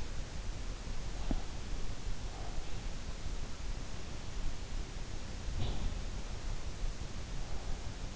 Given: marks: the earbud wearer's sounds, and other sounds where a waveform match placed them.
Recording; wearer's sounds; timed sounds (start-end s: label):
sounds in sleep by an in-ear microphone; teeth grinding
0.97-1.73 s: teeth grinding
5.22-6.88 s: sound from someone else or the room